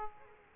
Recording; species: mosquito wingbeat signal from an infrared sensor; Aedes aegypti